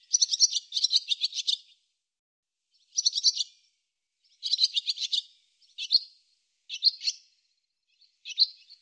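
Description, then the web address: Barn swallow chatter: a long rapid twittering phrase, then several shorter scratchy bursts, the final ones brief clipped notes, with clean silence between. "Deverinetal 2025 Bird Hi Ru Hi Ru"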